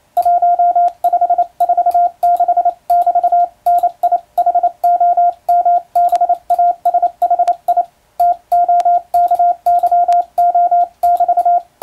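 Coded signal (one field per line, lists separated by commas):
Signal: Morse code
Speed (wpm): 28 wpm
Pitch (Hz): 700 Hz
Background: radio noise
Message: 1546<BT>NIHOMBASHI TOKYO<BT>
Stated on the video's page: Morse code sent with an electronic keyer, in-the-clear telegram sending practice.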